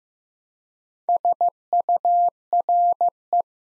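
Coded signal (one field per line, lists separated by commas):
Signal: Morse code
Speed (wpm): 15 wpm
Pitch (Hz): 700 Hz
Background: none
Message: SURE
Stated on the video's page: Morse practice at 15 wpm building 3- to 5-letter words one letter at a time, for beginners working on instant character recognition.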